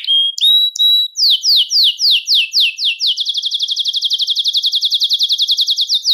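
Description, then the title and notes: Belgian canary song: a few clear whistled notes, then repeated downward-sweeping slurs running into a long, fast, even trill. "Canario Belga, nyonyastudio"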